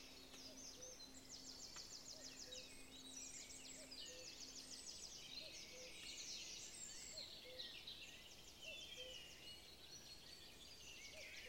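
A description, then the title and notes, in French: A walk through a forest, with many birds chirping and trilling at once in a dense, bright chorus that runs the whole twelve seconds. Rapid repeated trills overlap constantly, over a soft steady hiss and a faint low hum. Balade en forêt bercé par les sons de la nature.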